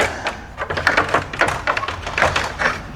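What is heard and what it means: Plastic retaining clips of an American Modified 24+ Armor Grille with DRL and OEM emblem hole are pressed one after another into their holes on the front end of a Ford F150 Tremor truck. Sharp clicks are heard at 0.9, 1.4 and 2.2 seconds among other taps and thuds of handling. The grille clips seat and click in.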